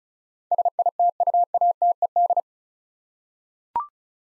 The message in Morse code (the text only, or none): SITUATED